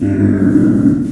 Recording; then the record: squeal of a Yucatan mini pig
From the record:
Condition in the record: after surgery on the right vocal fold (resection and tissue-engineered implant); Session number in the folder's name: 4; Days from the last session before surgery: 26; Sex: female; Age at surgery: 19 weeks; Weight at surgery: 25 kg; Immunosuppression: prednisolone